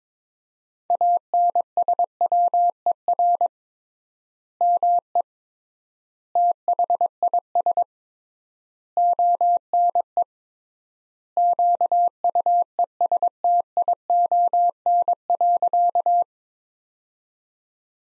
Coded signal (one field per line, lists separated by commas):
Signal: Morse code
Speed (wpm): 22 wpm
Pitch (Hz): 700 Hz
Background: none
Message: ANSWER ME THIS ONE QUESTION.